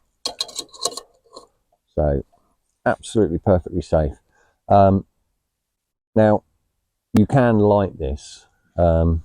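The handle or lid of an OEX Tacana solo metal cooking pot is twisted off its studs, giving a short ratchety mechanical clatter with sharp clicks at 0.3 and 0.4 seconds before it comes free. Someone then talks for the rest of the clip.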